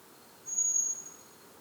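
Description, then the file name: Common blackbird giving a single thin, very high sustained whistle lasting about half a second over faint hiss. "Turdus merula"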